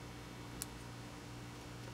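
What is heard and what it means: A newly machined steel block for a barrel made from rebar is handled and pushed down toward the break-action hinge and latch of a gun frame, with a steady low hum underneath and a single brief high tick at about 0.6 s. The block has not seated or latched yet; nothing has clicked into place.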